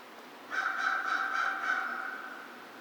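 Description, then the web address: American crow making a rough, pulsing caw of about five beats run together, fading out at the end. Recorded 2 March 2010. "Crow 2010 03 02 American Crow"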